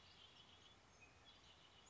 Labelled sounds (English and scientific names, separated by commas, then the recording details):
Red-winged Blackbird (Agelaius phoeniceus)
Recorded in Sonoma County, California